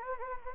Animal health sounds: mosquito wingbeat signal from an infrared sensor; Anopheles gambiae

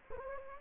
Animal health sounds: mosquito wingbeat signal from an infrared sensor; Anopheles gambiae

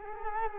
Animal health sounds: mosquito wingbeat signal from an infrared sensor; Culex quinquefasciatus

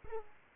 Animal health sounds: mosquito wingbeat signal from an infrared sensor; Aedes aegypti

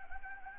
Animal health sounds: mosquito wingbeat signal from an infrared sensor; Anopheles gambiae

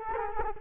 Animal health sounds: mosquito wingbeat signal from an infrared sensor; Culex quinquefasciatus

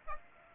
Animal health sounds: mosquito wingbeat signal from an infrared sensor; Aedes aegypti

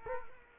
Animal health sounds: mosquito wingbeat signal from an infrared sensor; Culex quinquefasciatus

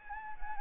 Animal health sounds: mosquito wingbeat signal from an infrared sensor; Anopheles gambiae

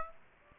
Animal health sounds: mosquito wingbeat signal from an infrared sensor; Aedes aegypti

